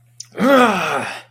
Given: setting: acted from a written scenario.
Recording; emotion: vocal sound without words; triumph